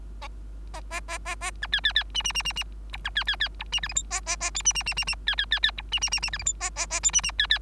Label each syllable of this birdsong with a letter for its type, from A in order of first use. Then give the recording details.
A A A A A B C C C D D D D D E B C C C E D F G H A A A I D D D D D C C C C E D D D D F G H A A A I D D C C. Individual Bird3